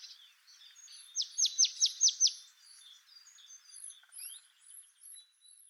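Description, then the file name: Marsh tit call: a rapid series of six bright, high, downward-sweeping notes, followed by scattered thin chirps. "Poecile palustris"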